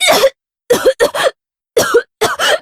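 Several short, voiced, throaty coughs come in quick pairs and singles, about five bursts over under three seconds, with silent gaps between. It is a plain adult cough in a quiet room.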